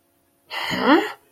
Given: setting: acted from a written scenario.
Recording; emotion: vocal sound without words; confusion